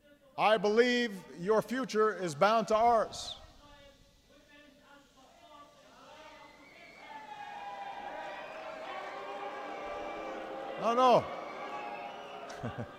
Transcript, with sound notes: I believe your future is bound to ours. (Audience interruption.) No, no --